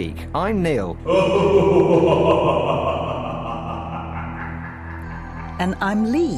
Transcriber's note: demonic laughter